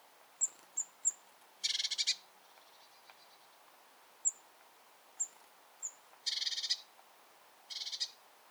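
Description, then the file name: Eurasian blue tit calling: thin, very high single tsee notes scattered throughout, and three short, harsh, buzzy churring rattles. "Cyanistes caeruleus"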